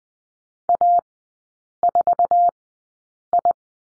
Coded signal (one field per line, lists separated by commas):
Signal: Morse code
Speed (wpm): 20 wpm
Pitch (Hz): 700 Hz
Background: none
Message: A4I